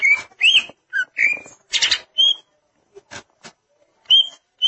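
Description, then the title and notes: Greater green leafbird song: slurred whistles and harsh buzzy bursts alternate, with brief clicks in a quiet gap before more whistled notes. "Suara Kicauan Burung Cucak Ijo"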